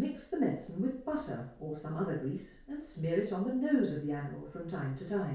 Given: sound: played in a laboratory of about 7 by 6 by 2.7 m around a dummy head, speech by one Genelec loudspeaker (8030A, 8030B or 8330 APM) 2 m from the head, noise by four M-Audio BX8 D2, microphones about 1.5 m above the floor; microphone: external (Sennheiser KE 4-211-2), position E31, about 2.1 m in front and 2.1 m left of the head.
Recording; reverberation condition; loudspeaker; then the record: female speech in English; medium; in front (0 degrees)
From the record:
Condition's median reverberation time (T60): about 510 ms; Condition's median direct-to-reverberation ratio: about -0.5 dB